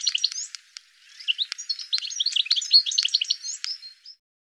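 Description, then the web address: Bird calls: dense, high, twittering chirps with sharp clicks mixed in, a brief pause after the first three-quarters of a second, then a busier run that ends abruptly. "cianscape birddata Deverinetal 2025 File cleaned normalized Bird"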